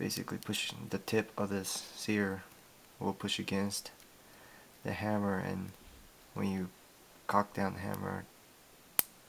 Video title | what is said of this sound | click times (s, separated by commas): Paper M1911 Pt 3 (sear and disconnector) | just locks in place | 9.0 s